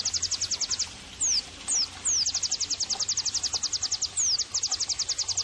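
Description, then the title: White-eye song: a high, rapid run of sharp repeated notes interrupted by a few downward-sweeping whistled slurs. Pleci singing actively (gacor); therapy and bird-training (masteran) audio for pleci. "Pleci Gacor 05. terapi pleci dextro 87 plus masteran kenari sahdu Dextro87 channel"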